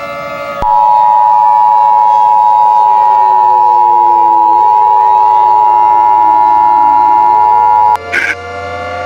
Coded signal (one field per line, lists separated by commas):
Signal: Emergency Alert System (SAME) tones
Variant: 853 and 960 Hz attention tone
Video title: War of the worlds in Oklahoma 2005￼ eas scenario ￼Halloween special